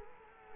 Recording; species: mosquito wingbeat signal from an infrared sensor; Culex quinquefasciatus